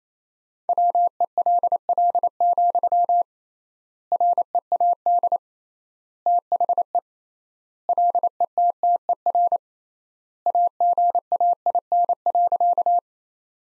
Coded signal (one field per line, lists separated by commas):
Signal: Morse code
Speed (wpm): 28 wpm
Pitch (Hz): 700 Hz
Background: none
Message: WELL, READ THE LETTER AGAIN.